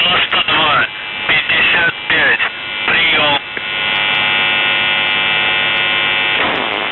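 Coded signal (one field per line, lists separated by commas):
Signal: numbers station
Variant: UVB-76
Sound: voice speaking short words over a low drone, then a steady buzzing drone continues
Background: radio static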